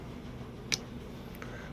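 A metal leg of a UTG Heavy Duty rifle bipod is folded back into its locked position on the bipod body, giving one sharp click at 0.7 s as it locks in place. Two faint ticks follow at about 1.4 s over a steady low background hum.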